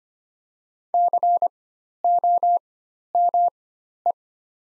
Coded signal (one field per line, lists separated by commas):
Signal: Morse code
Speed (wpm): 25 wpm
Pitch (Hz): 700 Hz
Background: none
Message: COME